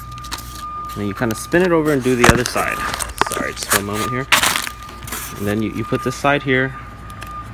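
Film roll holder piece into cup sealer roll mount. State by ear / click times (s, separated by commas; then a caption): not seated / none. A film roll holder piece is handled at the roll mount of a WCS-F99 fully automatic cup sealer while someone talks, with a few brief knocks near 0.3, 4.7 and 7.2 seconds and a steady tone in the background. The clip ends before the piece is pushed home, so nothing has seated or clicked yet.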